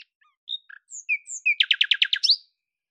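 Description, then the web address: Bird song: assorted thin whistles and short chirps, followed by a quick run of several buzzy repeated notes ending in a flourish. "Deverinetal 2025"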